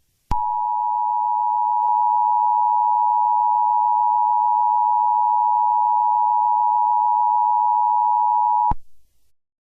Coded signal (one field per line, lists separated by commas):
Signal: Emergency Alert System (SAME) tones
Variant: 853 and 960 Hz attention tone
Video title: EAS Scenario #6: Behind The Reflection